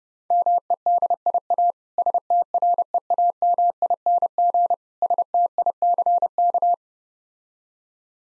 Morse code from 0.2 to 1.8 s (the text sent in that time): MEDIA